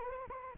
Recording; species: mosquito wingbeat signal from an infrared sensor; Anopheles arabiensis